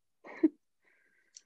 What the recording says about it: Sucking on a cough drop right now. I'm like trying not to like cough.